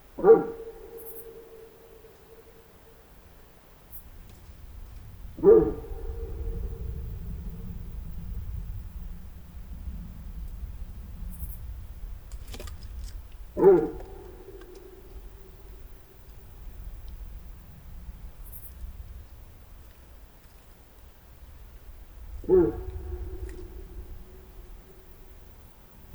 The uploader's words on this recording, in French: Cette année me semble bien difficile dans le Haut-Diois. Voici donc enfin une petite ambiance en cette nuit du 26 septembre.